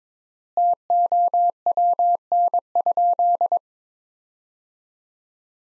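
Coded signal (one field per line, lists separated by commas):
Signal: Morse code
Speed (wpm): 22 wpm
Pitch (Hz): 700 Hz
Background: none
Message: TOWN?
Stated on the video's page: Morse sentences from the top 500 words at 22 wpm with 3x word spacing, a Farnsworth-like copying drill.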